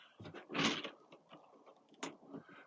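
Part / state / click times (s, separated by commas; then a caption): window stay detent on a caravan window or roof vent / seated / 2.0 s. A window stay on a caravan window or roof vent is slowly opened, with soft handling and movement sounds and a louder rush of noise around 0.6 s. A sharp detent click at 2.0 s marks the stay seating into its first locked opening position.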